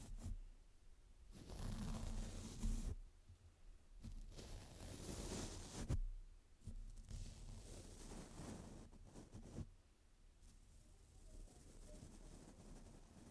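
A microphone is brushed and rubbed with no talking, giving rough, hissing scrapes in bursts of a second or two. Strokes come around 1–3, 4–6 and 7–9.5 seconds, with soft low thumps at about 2.7 and 6 seconds, then quieter rustling to the end.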